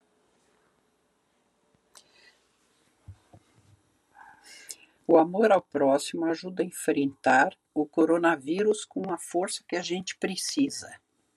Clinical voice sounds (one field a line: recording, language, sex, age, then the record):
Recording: spoken sentence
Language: Brazilian Portuguese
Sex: female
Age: 60 to 69 years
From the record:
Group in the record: control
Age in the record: 67 years